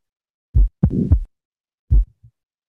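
Simulated heart sounds with a late systolic murmur, appearing in the late, final phase of systole, due to mitral valve prolapse.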